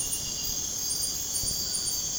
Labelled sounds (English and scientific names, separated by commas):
none